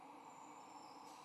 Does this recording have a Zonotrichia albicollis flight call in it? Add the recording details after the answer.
no. No flight call is heard. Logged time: 03:43 on 15 November 2014